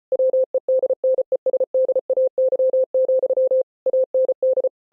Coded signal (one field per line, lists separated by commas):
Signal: Morse code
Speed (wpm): 33 wpm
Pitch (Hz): 520 Hz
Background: none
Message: WEDNESDAY, AND